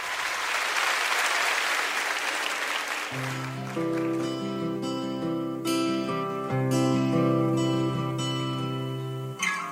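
A crowd claps in a dense, steady burst of applause on a live recording, then sustained musical chords come in over it while the clapping carries on softly beneath the music.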